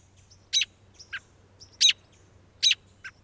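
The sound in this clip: American Robin calls: three sharp, high chirps with softer thin notes between them, over a low steady hum.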